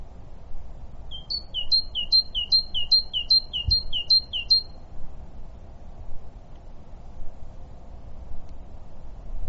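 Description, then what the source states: Great tit song: a brisk run of several two-note phrases, low then high, then a long stretch of quiet outdoor background. Recorded on 11 March 2015.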